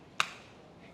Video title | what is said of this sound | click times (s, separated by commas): 2021 Aqua Lung's Dimension Back Inflate BCD is a ... | did you hear the pop that snap you can actually hear that underwater | 0.2 s